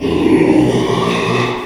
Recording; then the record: squeal of a Yucatan mini pig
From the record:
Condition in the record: after surgery on the right vocal fold (resection and tissue-engineered implant); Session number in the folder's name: 1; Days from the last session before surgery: 6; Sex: male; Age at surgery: 12 weeks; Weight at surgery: 13 kg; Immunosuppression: cyclosporine, prednisolone